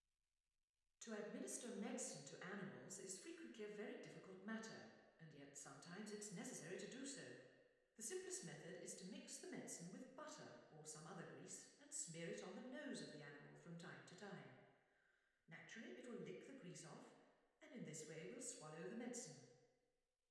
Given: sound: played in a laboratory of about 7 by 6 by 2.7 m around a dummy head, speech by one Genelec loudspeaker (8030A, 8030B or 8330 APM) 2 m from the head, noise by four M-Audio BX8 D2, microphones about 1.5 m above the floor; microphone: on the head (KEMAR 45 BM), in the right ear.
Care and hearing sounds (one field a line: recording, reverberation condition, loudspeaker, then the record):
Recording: female speech in English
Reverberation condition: high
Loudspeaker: 120 degrees to the right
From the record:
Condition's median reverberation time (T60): about 1300 ms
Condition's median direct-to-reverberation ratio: about -4.0 dB